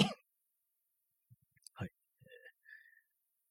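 Two short, harsh cough bursts from an adult man, followed by faint throat sounds; an isolated, ordinary cough, with the throat feeling sensitive, possibly from dry air.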